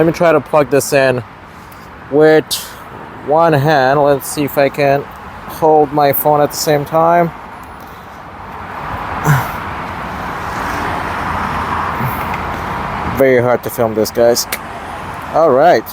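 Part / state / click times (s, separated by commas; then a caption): CCS adapter charging plug into charger connector / not seated / none. A Lectron CCS adapter charging plug is lined up with a charger connector, one-handed, to charge a 2023 Tesla Model Y RWD. Someone talks in bursts, with steady background noise in between. Nothing has seated or clicked yet.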